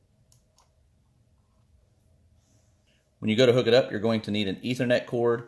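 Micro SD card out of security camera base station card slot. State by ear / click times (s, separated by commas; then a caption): released / 0.3 s, 0.6 s. A micro SD card is pressed into the push-to-release slot of a TOPIACAM wireless solar-powered security camera system base station, giving two short clicks at 0.3 s and 0.6 s as the slot lets the card out. After a quiet stretch, someone talks from about 3.2 s onward.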